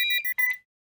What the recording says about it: Alarms coming from multiple patient rooms. Alarms are difficult to localize, so I'm not sure which rooms they're coming from. It could be the IV infusion pump, the epidural pump, the intra-aortic balloon pump, the dialysis machine, the ventilator. Most of these alarms are false alarms.